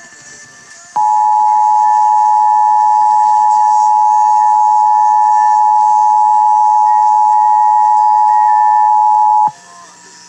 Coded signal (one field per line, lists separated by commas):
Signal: Emergency Alert System (SAME) tones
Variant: 853 and 960 Hz attention tone